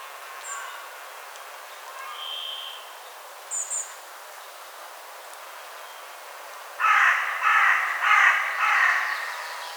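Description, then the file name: Carrion crow giving four harsh caws near the end after several seconds of quiet, with a few faint thin chirps earlier. "Corvus corone"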